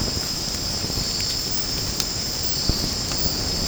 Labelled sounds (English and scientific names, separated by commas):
none